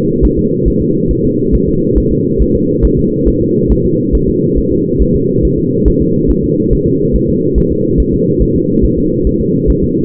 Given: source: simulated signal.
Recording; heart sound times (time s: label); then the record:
fetal heart sounds
0.25 s: S1
0.39 s: S2
0.68 s: S1
0.82 s: S2
1.11 s: S1
1.25 s: S2
1.55 s: S1
1.69 s: S2
1.98 s: S1
2.12 s: S2
2.42 s: S1
2.56 s: S2
2.85 s: S1
2.99 s: S2
3.28 s: S1
3.42 s: S2
3.72 s: S1
3.86 s: S2
4.15 s: S1
4.29 s: S2
4.58 s: S1
4.72 s: S2
5.02 s: S1
5.16 s: S2
5.45 s: S1
5.59 s: S2
5.88 s: S1
6.02 s: S2
6.31 s: S1
6.44 s: S2
6.73 s: S1
6.87 s: S2
7.16 s: S1
7.29 s: S2
7.58 s: S1
7.72 s: S2
8.00 s: S1
8.14 s: S2
8.42 s: S1
8.56 s: S2
8.85 s: S1
8.98 s: S2
9.27 s: S1
9.41 s: S2
9.70 s: S1
9.84 s: S2
From the record:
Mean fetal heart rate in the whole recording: 140 bpm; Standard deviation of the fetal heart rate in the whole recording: 2 bpm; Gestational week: 34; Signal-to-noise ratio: -11.2 dB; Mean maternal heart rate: 72 bpm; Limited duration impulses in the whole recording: present